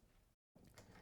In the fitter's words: on there so it just clicks into place all I'm going to do for this type of fabric